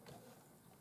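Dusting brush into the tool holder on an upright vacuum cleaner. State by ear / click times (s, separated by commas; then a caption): not seated / none. A plastic dusting brush is handled and pushed toward its mount at the top of the on-board tool storage on a 1997 Hoover Purepower U3120 upright vacuum cleaner. There is a short, steady rustle of plastic handling with no sharp hit. Nothing has seated or clicked yet.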